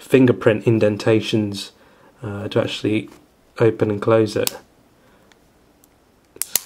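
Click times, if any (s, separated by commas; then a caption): 6.4 s, 6.6 s. Someone talks while the front and back halves of a ToughGuard polycarbonate shell case are pressed together around a Samsung i8910 Omnia HD smartphone. The right-side clips snap home with two sharp clicks at 6.4 and 6.6 seconds, and the case is seated.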